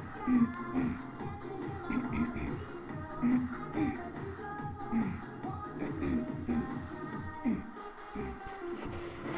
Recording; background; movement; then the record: throat clearing; music; sitting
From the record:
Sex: female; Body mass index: 22.6 kg/m2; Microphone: on the chest, facing the body